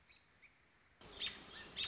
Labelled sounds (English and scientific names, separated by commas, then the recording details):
American Robin (Turdus migratorius)
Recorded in Sonoma County, California